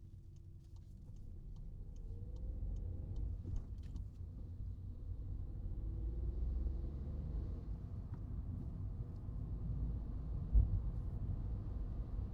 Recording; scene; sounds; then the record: everyday scene through a hearing-aid microphone; in a vehicle; engine, traffic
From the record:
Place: Skoda Fabia, gasoline engine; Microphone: in the ear canal, right